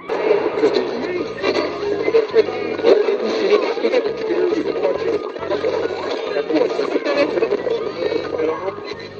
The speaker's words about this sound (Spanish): No sé si para tranquilizarme, alguien dentro del coche encendió la radio.